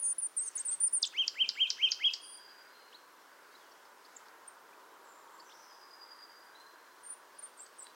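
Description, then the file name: Marsh tit call: a rapid series of five sharp, downslurred chips between one and two and a half seconds, followed by quiet background with faint high notes. "Poecile palustris"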